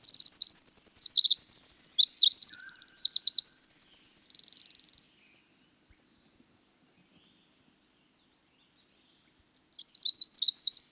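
Winter wren song: a long, fast tumble of high tinkling notes and trills ending in a buzzy roll, a pause, then another song starts.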